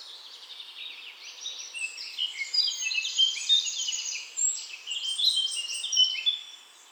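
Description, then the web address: Birds chirping: a continuous chorus of high overlapping trills, chips and warbled notes from several birds throughout. Pleasant bird chirping. "nice chirping of birds"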